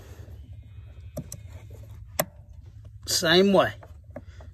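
The long hose quick-connector of a JLT Performance Oil Separator 3.0 kit is pushed onto its engine fitting on a 2020 GMC Sierra AT4, the same way as the short hose. A sharp click is heard at 2.2 s, with fainter ticks around it, and someone talks afterward. The connector is seated.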